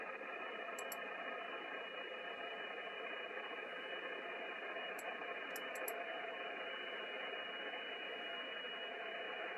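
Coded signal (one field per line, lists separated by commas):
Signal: FT8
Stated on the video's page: FT8 DX contact on 10 MHz with a Central African Republic station, using an IC-7600.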